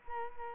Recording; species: mosquito wingbeat signal from an infrared sensor; Culex quinquefasciatus